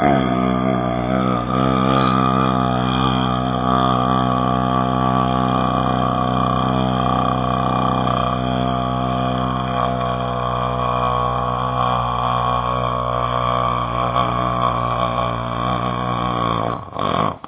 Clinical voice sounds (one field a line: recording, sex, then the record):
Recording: sustained vowel /a/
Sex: male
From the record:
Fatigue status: no fatigue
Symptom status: asymptomatic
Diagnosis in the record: COVID-19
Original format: 3gp